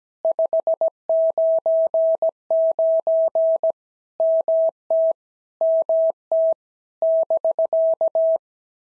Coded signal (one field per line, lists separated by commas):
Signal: Morse code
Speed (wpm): 17 wpm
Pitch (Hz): 650 Hz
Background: none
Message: 599 MT MT <BK>